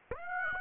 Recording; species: mosquito wingbeat signal from an infrared sensor; Aedes aegypti